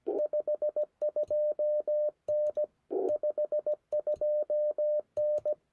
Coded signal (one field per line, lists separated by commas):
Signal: Morse code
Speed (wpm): 20 wpm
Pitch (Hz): 590 Hz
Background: none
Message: 52N 52N